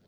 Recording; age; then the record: pig call; piglet (1 to 25 days)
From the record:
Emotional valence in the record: positive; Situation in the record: reunion after long isolation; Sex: male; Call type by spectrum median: low-frequency call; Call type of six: low-frequency stable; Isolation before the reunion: 8 minutes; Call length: 0.08 s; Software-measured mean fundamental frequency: 40 Hz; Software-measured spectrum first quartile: 207 Hz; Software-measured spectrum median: 484 Hz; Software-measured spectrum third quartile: 2034 Hz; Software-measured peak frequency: 185 Hz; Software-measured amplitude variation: 36 dB a second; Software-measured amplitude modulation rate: 6.3 a second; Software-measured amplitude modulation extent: 5.8 dB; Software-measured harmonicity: 0.0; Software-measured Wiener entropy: -1.90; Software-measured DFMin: 1072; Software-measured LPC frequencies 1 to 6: 425, 1529, 3317, 4164, 4494, 5368 Hz